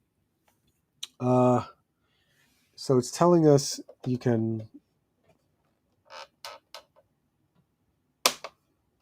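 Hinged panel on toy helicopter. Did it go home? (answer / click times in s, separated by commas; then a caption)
released / 8.3 s. Someone talks while a hinged plastic panel on a toy helicopter is worked open, with a few soft taps along the way. A sharp click at 8.3 s marks the panel releasing and opening.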